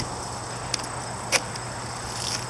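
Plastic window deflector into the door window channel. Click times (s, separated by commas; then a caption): 0.7 s. A plastic in-channel side window deflector (vent visor) on a Toyota FJ Cruiser is pushed into the door window channel, front end first and then the back end. It pops into place with a single sharp snap at 0.7 s, followed by a louder, brief broadband burst around 1.3 s over steady background noise. The deflector is seated in the channel.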